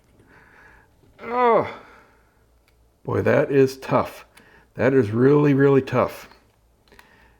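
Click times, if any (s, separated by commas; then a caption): 6.9 s, 7.0 s. Someone talks while turning a screwdriver on a tight, threadlocked small screw in a Harmony Elite remote control housing. Near the end the damaged, low-quality metal screwdriver tip slips, making a quick series of faint ticks at 6.9, 6.9 and 7.0 seconds. The screw head rounds out and strips further.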